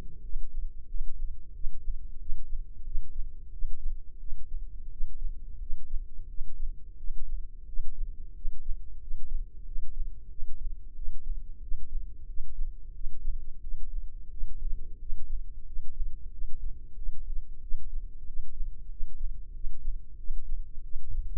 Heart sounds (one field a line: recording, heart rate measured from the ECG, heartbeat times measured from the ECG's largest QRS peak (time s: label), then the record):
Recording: heart sounds by microphone in the right ear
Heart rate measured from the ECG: 90 bpm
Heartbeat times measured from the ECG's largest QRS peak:
0.21 s: heartbeat
0.86 s: heartbeat
1.52 s: heartbeat
2.17 s: heartbeat
2.82 s: heartbeat
3.50 s: heartbeat
4.18 s: heartbeat
4.88 s: heartbeat
5.58 s: heartbeat
6.26 s: heartbeat
6.95 s: heartbeat
7.64 s: heartbeat
8.33 s: heartbeat
8.98 s: heartbeat
9.63 s: heartbeat
10.28 s: heartbeat
10.93 s: heartbeat
11.59 s: heartbeat
12.25 s: heartbeat
12.91 s: heartbeat
13.59 s: heartbeat
14.28 s: heartbeat
14.97 s: heartbeat
15.63 s: heartbeat
16.29 s: heartbeat
16.94 s: heartbeat
17.59 s: heartbeat
18.24 s: heartbeat
18.88 s: heartbeat
19.52 s: heartbeat
20.16 s: heartbeat
20.81 s: heartbeat
From the record:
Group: healthy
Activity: rest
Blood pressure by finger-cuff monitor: 102/73 mmHg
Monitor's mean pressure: 82 mmHg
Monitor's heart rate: 91 bpm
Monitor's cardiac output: 6.9 L/min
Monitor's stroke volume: 77 mL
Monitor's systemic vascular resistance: 860 dyn s/cm5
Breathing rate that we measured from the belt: 18 breaths a minute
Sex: male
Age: 19 years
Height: 178 cm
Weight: 83 kg